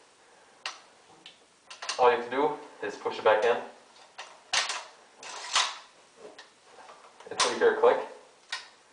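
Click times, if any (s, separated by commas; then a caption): 8.5 s. The removable metal barrel assembly of an ARES SCAR-L airsoft rifle is pushed back into the upper receiver and turned to lock, with scattered handling clicks and someone talking. A sharp click at 8.5 s marks the barrel twisting and locking into place, seated so it won't come out.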